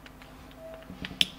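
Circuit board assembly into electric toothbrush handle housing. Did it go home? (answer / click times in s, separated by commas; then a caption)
yes / 1.2 s. After repair, the circuit board assembly of a Lansung SN901 electric sonic toothbrush is slid back into the plastic handle housing. Faint scraping and light taps lead to a smaller tap at 1.1 s, then a sharp, loud click at 1.2 s as the assembly seats in the housing.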